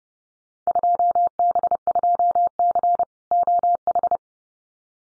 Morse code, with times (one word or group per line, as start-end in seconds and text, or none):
0.7-3.0 2B2C
3.3-4.2 OH